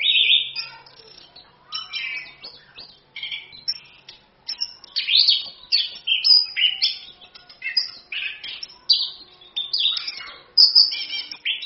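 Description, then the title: Orange-headed thrush pouring out a long, varied song of whistles, trills and harsh chatter. Used as a lure recording to prompt a kept bird to sing; song described as continuous, lively singing. "ANIS KEMBANG GACOR, ANIS KEMBANG NGEROL, PANCINGAN ANIS KEMBANG BIAR BUNYI"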